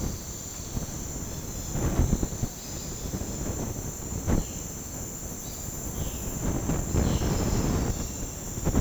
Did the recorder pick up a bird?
yes